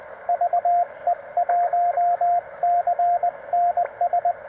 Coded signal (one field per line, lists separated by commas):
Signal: Morse code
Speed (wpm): 21 wpm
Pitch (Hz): 700 Hz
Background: radio noise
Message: VE1CNS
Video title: The Amazing Penntek TR-45L: A Quick POTA Activation if the HF Bands Cooperate!